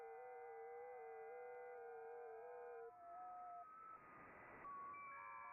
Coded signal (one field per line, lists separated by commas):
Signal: FT8